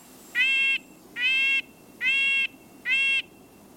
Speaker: If it sounds like a truck beeping as it backs up, it's a red-breasted nuthatch.